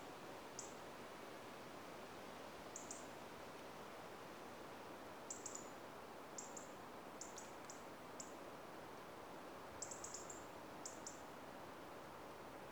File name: Erithacus rubecula - European Robin